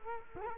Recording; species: mosquito wingbeat signal from an infrared sensor; Culex quinquefasciatus